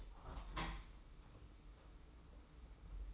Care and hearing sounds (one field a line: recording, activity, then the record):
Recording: daily activity, microphone in the room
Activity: open window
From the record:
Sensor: 1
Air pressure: 991.3 hPa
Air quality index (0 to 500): 108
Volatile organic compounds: 96 ppm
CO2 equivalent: 3730 ppm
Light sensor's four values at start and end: 37/116/46/47 and 38/118/46/48